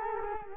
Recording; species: mosquito wingbeat signal from an infrared sensor; Culex quinquefasciatus